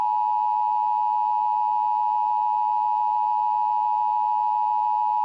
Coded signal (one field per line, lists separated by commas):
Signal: Emergency Alert System (SAME) tones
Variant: 853 and 960 Hz attention tone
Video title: EAS Scenario: Golden Honkai Weeping God (Reposted)